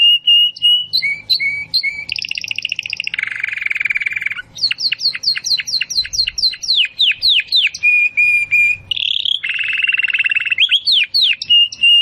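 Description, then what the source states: Domestic canary singing a varied song that alternates steady whistles, buzzy trills and sweeping notes in quick succession. Belgian canary, Campainha, singing.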